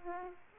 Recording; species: mosquito wingbeat signal from an infrared sensor; Aedes aegypti